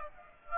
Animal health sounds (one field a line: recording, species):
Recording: mosquito wingbeat signal from an infrared sensor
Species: Aedes aegypti